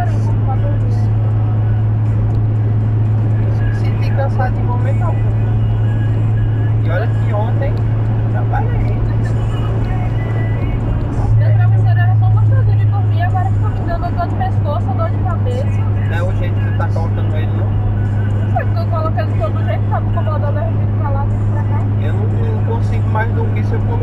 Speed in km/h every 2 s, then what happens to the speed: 124, 125, 125, 126, 127, 126, 118, 117, 118, 118, 119, 119.
0-24 steady at about 119.